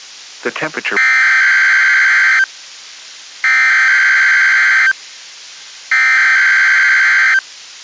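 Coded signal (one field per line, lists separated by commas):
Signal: Emergency Alert System (SAME) tones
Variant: header bursts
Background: speech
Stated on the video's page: NOAA Weather Radio required weekly tests.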